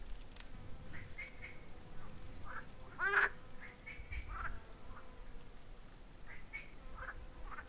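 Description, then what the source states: Frogs giving quacking, nasal croaks in irregular bursts, one loud harmonic croak standing out at about three seconds, with low background rumble. Recorded at Kalamos.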